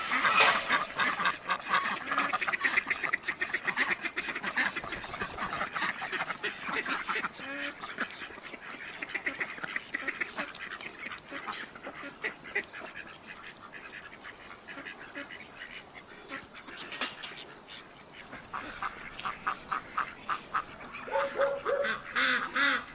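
Farm animal sounds with a constant high insect-like buzz or whine running steadily until about 21 seconds, then stopping. Dense scratchy clicks and rustling fill the whole clip, with brief chirps scattered throughout and a short tonal call near the end.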